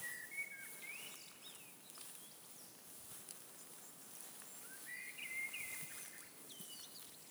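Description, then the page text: Common blackbird singing softly: a short fluted phrase, then after a pause another warbled phrase with a squeaky flourish, against a constant background hiss. Two birds in Tukums municipality, Latvia, 29 March 2025 at 17:10; singing in suitable breeding habitat, one perched in a nearby spruce, the other further inside the forest. "Melnais mežastrazds, Turdus merula Novērojuma laiks 29-Mar-2025 plkst. 17:10 Tukuma novads Skaits 2 Dzied ligzdošanai piemērotā biotopā (D) 2 putni. Viens sēdēja blakus eglē, otrs dzirdams dziļāk mežā."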